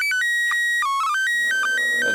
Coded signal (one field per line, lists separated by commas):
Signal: SSTV (slow-scan television)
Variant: PD 120